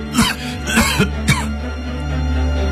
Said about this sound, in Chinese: …说着呢，他还咳嗽起来了。